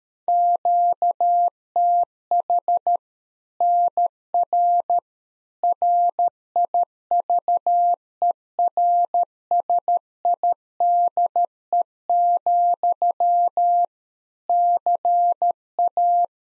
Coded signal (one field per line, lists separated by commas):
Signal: Morse code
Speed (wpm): 13 wpm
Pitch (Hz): 700 Hz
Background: none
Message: QTH NR RIVERSIDE, CA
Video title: Practice QSO - Exchange 1- Beginning - 13wpm